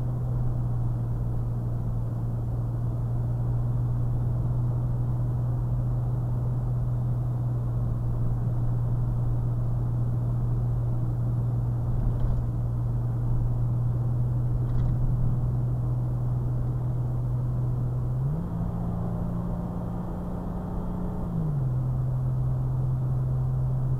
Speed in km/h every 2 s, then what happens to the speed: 61, 64, 66, 61, 63, 66, 66, 64, 64, 66, 68, 69.
0-24 steady at about 64.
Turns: none.